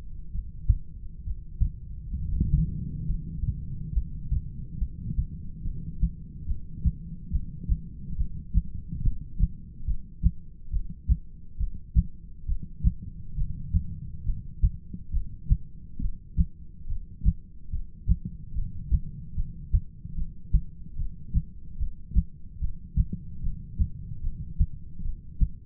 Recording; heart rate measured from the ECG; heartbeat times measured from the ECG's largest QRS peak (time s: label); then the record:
heart sounds by stethoscope; 70 bpm
0.31 s: heartbeat
1.23 s: heartbeat
2.15 s: heartbeat
3.05 s: heartbeat
3.93 s: heartbeat
4.79 s: heartbeat
5.63 s: heartbeat
6.47 s: heartbeat
7.31 s: heartbeat
8.17 s: heartbeat
9.03 s: heartbeat
9.86 s: heartbeat
10.72 s: heartbeat
11.59 s: heartbeat
12.48 s: heartbeat
13.37 s: heartbeat
14.25 s: heartbeat
15.13 s: heartbeat
16.01 s: heartbeat
16.88 s: heartbeat
17.72 s: heartbeat
18.55 s: heartbeat
19.36 s: heartbeat
20.16 s: heartbeat
20.98 s: heartbeat
21.79 s: heartbeat
22.61 s: heartbeat
23.43 s: heartbeat
24.23 s: heartbeat
25.04 s: heartbeat
From the record:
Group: heart failure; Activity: breath hold 0-2 s, rest 2-26 s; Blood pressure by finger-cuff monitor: 117/86 mmHg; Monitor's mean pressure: 99 mmHg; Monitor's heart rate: 70 bpm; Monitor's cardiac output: 7 L/min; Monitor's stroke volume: 96 mL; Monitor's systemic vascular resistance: 1080 dyn s/cm5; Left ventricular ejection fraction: 25%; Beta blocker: metoprolol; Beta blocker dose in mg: 62.5 twice daily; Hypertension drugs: ramipril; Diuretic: furosemide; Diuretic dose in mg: 40 twice daily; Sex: male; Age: 57 years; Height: 180 cm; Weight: 90.5 kg